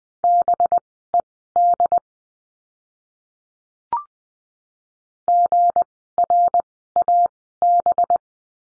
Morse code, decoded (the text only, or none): BED GRAB